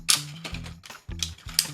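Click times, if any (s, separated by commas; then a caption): 1.2 s, 1.6 s. The shins on the leg hinges of a plastic transforming robot toy are brought down and swung until they lock, with sharp clicks at 1.2 and 1.6 seconds. Before that, there is a bright snap at 0.1 seconds and softer rattling handling sounds. The hinge joints click into place and are seated.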